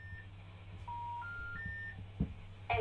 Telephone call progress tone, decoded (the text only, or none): special information tone